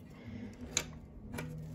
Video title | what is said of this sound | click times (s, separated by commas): MK3 SUPRA BUILD, CUSTOM ECU MASTER ENGINE HARNESS PT. 7 | they would be like this now just click in place | 0.8 s